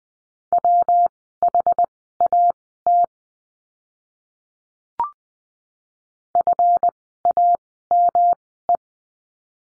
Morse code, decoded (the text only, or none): WHAT FAME